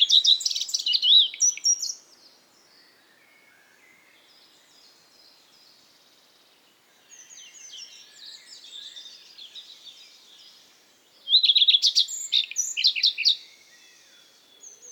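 Common redstart singing high, short phrases, a loud one at the start and another near the end, with softer warbling between.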